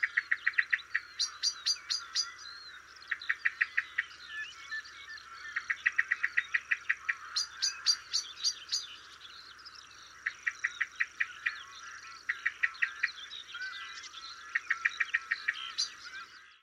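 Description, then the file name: Common blackbird giving bursts of sharp, clicking chinks repeated in rapid series, each burst lasting a second or two. "Turdus merula"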